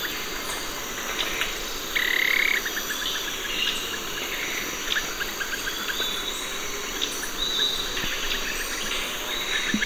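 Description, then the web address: Yellow tyrannulet giving a short buzzy rising call, followed later by a higher thin note, over a steady chorus of insects. Recorded in Ecuador. "Birds of Ecuador. Yellow Tyrannulet"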